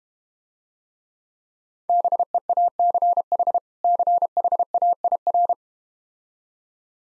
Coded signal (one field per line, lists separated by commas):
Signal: Morse code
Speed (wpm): 32 wpm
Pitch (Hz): 700 Hz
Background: none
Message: BEACH CHAIR